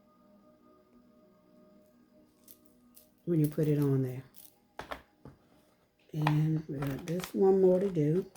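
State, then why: Seated. A charm is snapped onto a beaded memory wire bracelet, and the snap that shows it is on comes at 4.8 seconds. Someone talks before and after the snap, with a few faint taps and soft handling sounds nearby.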